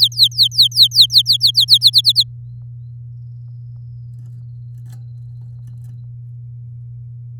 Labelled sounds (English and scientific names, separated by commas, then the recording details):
Domestic Canary (Serinus canaria) song
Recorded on 7 May 2018 at 07:54
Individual llb16